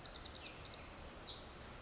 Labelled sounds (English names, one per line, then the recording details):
Pacific Wren
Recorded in Sonoma County, California